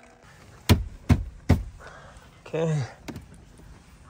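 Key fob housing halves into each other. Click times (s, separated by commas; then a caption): 0.7 s, 1.1 s, 1.5 s. The plastic shell halves of a 2010 Mercedes S550 (W216) key fob are pressed together around the electronics, snapping shut with sharp clicks at 0.7, 1.1 and 1.5 seconds. Someone then talks, and the housing is fully seated.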